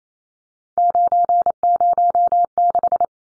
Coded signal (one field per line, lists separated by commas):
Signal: Morse code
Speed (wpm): 28 wpm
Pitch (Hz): 700 Hz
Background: none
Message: 906